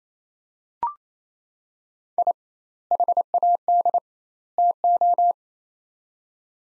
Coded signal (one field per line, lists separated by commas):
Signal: Morse code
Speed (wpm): 28 wpm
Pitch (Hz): 700 Hz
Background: none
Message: I HAD TO